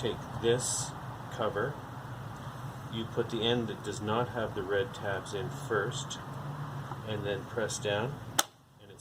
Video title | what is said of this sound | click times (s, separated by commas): eufy RoboVac 11+ Simple Basic Maintenance | snaps right into place very simple very easy now | 8.4 s